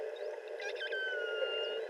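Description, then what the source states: Pilot whale tonal calls: thin whistles sliding gently downward, one long falling sweep in the middle, over a steady hiss of underwater noise. Call type 7.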